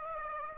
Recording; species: mosquito wingbeat signal from an infrared sensor; Aedes aegypti